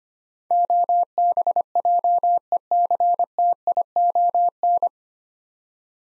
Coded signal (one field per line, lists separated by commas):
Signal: Morse code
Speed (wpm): 25 wpm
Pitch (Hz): 700 Hz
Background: none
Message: OBJECTION